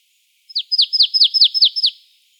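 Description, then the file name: Marsh tit call series: several quick, bright notes, each sliding sharply downward, delivered in a steady run lasting under two seconds. "Poecile palustris"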